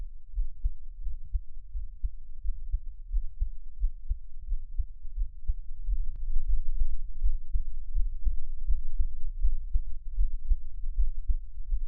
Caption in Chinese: 獻上我的心跳 | Give my Heartbeat | NO Talking。